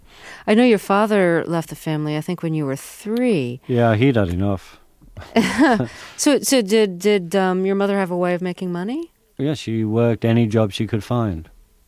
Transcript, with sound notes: I know your father left the family I think when you were 3.
Yeah, he'd had enough.
(Laughter) So did your mother have a way of making money?
Yeah, she worked any job she could find.